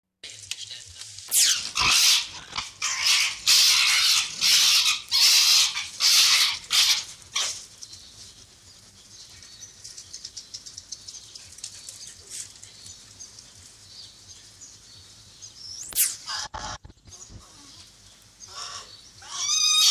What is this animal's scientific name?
Vulpes lagopus